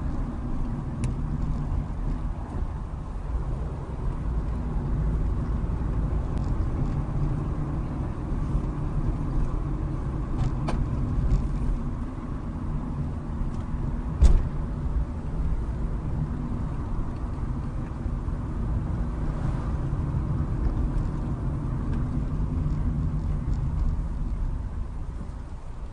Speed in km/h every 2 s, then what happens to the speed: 19, 21, 29, 31, 32, 27, 23, 24, 26, 31, 27, 15, 10.
0-7 speeds up to 32. 7-12 slows to 23. 12-19 speeds up to 31. 19-26 brakes to 10.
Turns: 9-15.